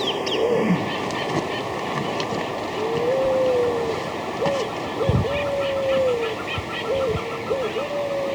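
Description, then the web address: Marañón pigeon giving low, level coos, several long drawn notes broken by short rising hoots, over a constant background hiss. In Ecuador. "Birds of Ecuador. Maranon Pigeon (Peruvian Pigeon)"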